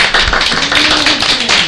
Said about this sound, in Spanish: Muy bien, un aplauso, ¿no?